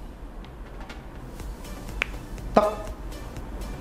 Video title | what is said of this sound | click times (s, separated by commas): BISHOP MTL RTA | bunyi tek ya. Udah. | 2.0 s